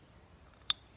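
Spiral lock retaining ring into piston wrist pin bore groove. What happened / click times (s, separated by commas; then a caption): The spiral retaining ring snapped into its groove / 0.7 s. A steel spiral lock retaining ring is worked around by thumb into the wrist pin groove of an aluminium piston, and it snaps into place with a sharp, bright metallic click at 0.7 s. The snap rings briefly at high pitch, and the spiral lock is then confirmed seated in the groove.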